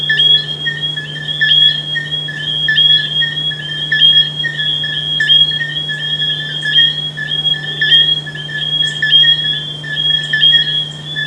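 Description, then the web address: Frog calling in high, tonal notes that run on almost continuously with short breaks, with a steady low hum underneath. "humbot audio frogs"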